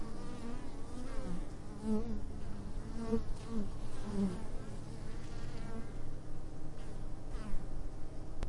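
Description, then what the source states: Bees droning in a dense, low buzz, with individual fliers sweeping up and down in pitch as they pass by. Bees in a meadow close to a hive.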